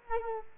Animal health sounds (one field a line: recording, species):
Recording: mosquito wingbeat signal from an infrared sensor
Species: Culex quinquefasciatus